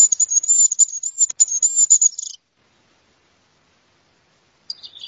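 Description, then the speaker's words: Goldcrest song: a continuous stream of extremely high, needle-thin notes for about two seconds, dropping slightly at the end, followed by silence and a faint short phrase. Male song. "Reyezuelo Sencillo. Canto del macho."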